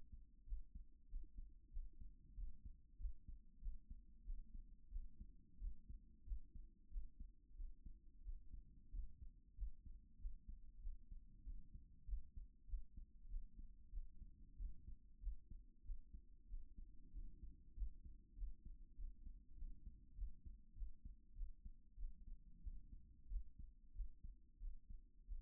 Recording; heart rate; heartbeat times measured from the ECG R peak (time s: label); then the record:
heart sounds by stethoscope; 95 bpm
0.44 s: heartbeat
1.07 s: heartbeat
1.70 s: heartbeat
2.34 s: heartbeat
2.97 s: heartbeat
3.59 s: heartbeat
4.23 s: heartbeat
4.89 s: heartbeat
5.58 s: heartbeat
6.24 s: heartbeat
6.88 s: heartbeat
7.54 s: heartbeat
8.22 s: heartbeat
8.90 s: heartbeat
9.55 s: heartbeat
10.17 s: heartbeat
10.80 s: heartbeat
11.43 s: heartbeat
12.05 s: heartbeat
12.65 s: heartbeat
13.27 s: heartbeat
13.90 s: heartbeat
14.56 s: heartbeat
15.19 s: heartbeat
15.82 s: heartbeat
16.46 s: heartbeat
17.11 s: heartbeat
17.74 s: heartbeat
18.35 s: heartbeat
18.95 s: heartbeat
19.55 s: heartbeat
20.15 s: heartbeat
20.74 s: heartbeat
21.34 s: heartbeat
21.95 s: heartbeat
22.61 s: heartbeat
23.28 s: heartbeat
23.92 s: heartbeat
24.58 s: heartbeat
25.26 s: heartbeat
From the record:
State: after exercise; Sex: female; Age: 37 years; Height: 160 cm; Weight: 68 kg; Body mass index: 26.56